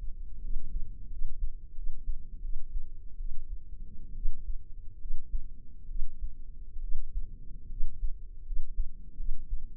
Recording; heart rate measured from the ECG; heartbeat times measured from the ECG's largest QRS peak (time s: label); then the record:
heart sounds by microphone in the left ear; 75 bpm
0.39 s: heartbeat
1.08 s: heartbeat
1.73 s: heartbeat
2.39 s: heartbeat
3.15 s: heartbeat
4.13 s: heartbeat
4.97 s: heartbeat
5.86 s: heartbeat
6.79 s: heartbeat
7.67 s: heartbeat
8.42 s: heartbeat
9.15 s: heartbeat
From the record:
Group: healthy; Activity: rest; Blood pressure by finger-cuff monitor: 123/78 mmHg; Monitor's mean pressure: 96 mmHg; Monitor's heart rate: 71 bpm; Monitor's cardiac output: 7 L/min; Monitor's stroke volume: 93 mL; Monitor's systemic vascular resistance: 1030 dyn s/cm5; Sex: female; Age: 23 years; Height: 160 cm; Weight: 50.4 kg